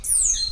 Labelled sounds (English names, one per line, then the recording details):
Stitchbird song
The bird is a male
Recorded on Tiritiri Matangi Island, New Zealand, in 2005
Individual 7, of nest box 9